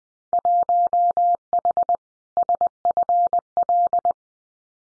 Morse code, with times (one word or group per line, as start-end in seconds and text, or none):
0.3-1.9 1H
2.4-4.1 SFL